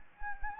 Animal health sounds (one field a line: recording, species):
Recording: mosquito wingbeat signal from an infrared sensor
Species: Anopheles gambiae